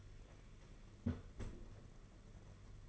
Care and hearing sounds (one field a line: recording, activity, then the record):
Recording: daily activity, microphone in the room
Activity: close fridge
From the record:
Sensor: 4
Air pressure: 992.7 hPa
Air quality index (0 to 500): 168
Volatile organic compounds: 244 ppm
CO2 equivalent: 4344 ppm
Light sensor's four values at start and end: 19/66/24/25 and 19/67/25/25